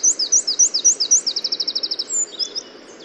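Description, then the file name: Eurasian wren, a high, energetic song: five hooked notes, then a very fast, even trill and a few tumbling, thin notes fading at the end. "Troglodytes troglodytes"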